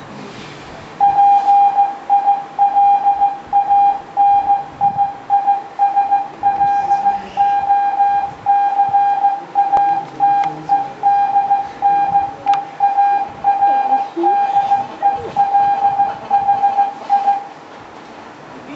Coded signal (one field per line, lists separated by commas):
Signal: Morse code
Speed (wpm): 16 wpm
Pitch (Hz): 800 Hz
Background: none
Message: PILANI IS LOCATED NEAR DELHI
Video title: Promoting Morse Code: Morse Code Self Skill Test